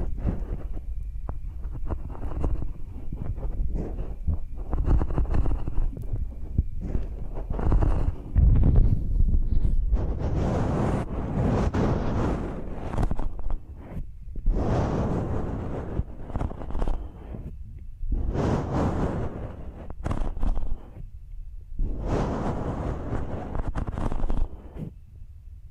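Scratching and brushing sounds with no talking, coming in repeated bursts of dense, crackly rustle that rise and fade every few seconds. A steady low rumble runs underneath throughout, and the strokes grow brighter and scratchier after the first ten seconds.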